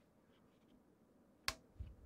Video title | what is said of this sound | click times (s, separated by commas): be Quiet Hi-Speed Silent Wings Pro 4 Fan Unboxing & Review | Once you hear it click, pops back off and you're good. | 1.5 s